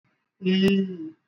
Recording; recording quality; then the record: sustained vowel as in beet; excellent, no background noise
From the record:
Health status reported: exposed to COVID-19, no respiratory illness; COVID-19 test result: not tested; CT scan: not taken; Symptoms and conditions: none ticked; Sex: male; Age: 24 years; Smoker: no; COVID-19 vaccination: both doses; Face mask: worn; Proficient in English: yes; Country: India